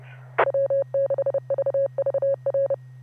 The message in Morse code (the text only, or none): W6VVR